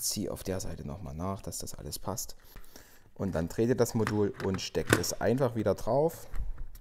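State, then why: Not seated. A plastic door-opening module is being turned and pushed back onto a dishwasher door lock so that it can latch onto its catch tabs, while someone talks throughout. Nothing has seated or clicked yet.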